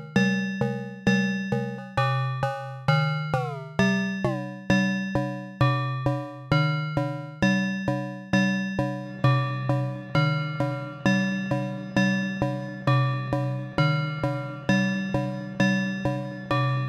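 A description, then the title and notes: Synthesized bell tones strike in a steady, even pulse, about two per second, each hit ringing out with shimmering overtones above a low body. The pitches shift from phrase to phrase, with a brief downward slide near the fourth second. Making Bell Sounds. Modules used in this episode: Ornament and Crime, Erica Synths Black Wavetable VCO, Pico RND, DIY Swamp, Befaco Even VCO, Noise Engineering Basimilus Iteritas Alter, Desmodus, Versio, Make Noise Maths, Mimeophon, AI Synthesis Quad VCA/Mixer, Bastl ABC Mixer, Pittsburgh Modular Crush.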